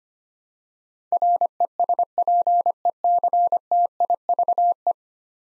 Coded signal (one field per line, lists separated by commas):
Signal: Morse code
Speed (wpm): 25 wpm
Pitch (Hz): 700 Hz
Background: none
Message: RESPECTIVE